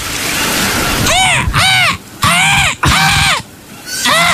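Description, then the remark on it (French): A voice imitates a seagull, letting out about five loud, arching, nasal cries in quick succession over a steady rushing, surf-like background noise. “Toi devoir faire cri de la mouette.”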